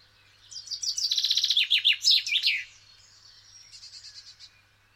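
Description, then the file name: Common chaffinch song: a rapid series of sharp notes dropping in pitch into a terminal flourish, then a quieter, short trill afterward. "Fringilla coelebs"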